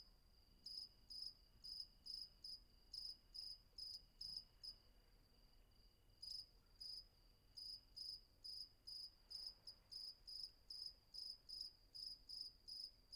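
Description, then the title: Cricket sings shrill pulsed chirps, several per second, stopping for about a second midway, then continuing steadily. Night ambience with crickets at Vagia, Patmos, Greece; recorded with Fostex FR-2 and MKH800 microphone. "Patmos, Vagia, Griechenland - Nachtsimmung 03, Grillen"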